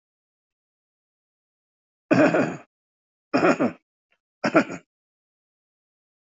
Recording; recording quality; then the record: shallow voluntary cough; excellent, no background noise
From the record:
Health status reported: healthy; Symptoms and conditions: hypertension, diabetes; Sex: male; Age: 59 years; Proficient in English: yes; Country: India